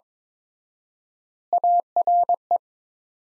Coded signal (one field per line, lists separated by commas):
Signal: Morse code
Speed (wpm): 23 wpm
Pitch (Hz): 700 Hz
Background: none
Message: ARE